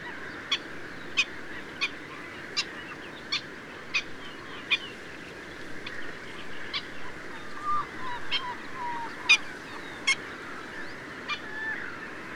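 Black-winged stilt calls: sharp, short yapping notes repeated at a somewhat uneven pace over a steady background hiss.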